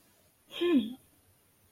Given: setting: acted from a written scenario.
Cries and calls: vocal sound without words; realization

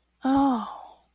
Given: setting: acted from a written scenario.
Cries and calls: vocal sound without words; awe

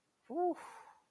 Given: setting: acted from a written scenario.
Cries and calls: vocal sound without words; relief

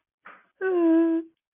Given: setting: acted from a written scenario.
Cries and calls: vocal sound without words; disgust

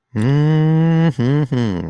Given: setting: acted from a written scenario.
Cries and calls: vocal sound without words; ecstasy

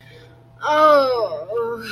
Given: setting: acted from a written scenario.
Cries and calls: vocal sound without words; negative surprise

